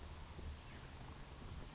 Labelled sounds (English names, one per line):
Chestnut-backed Chickadee